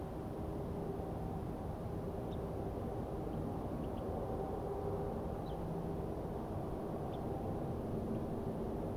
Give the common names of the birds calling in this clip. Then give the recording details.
Ortolan Bunting. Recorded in France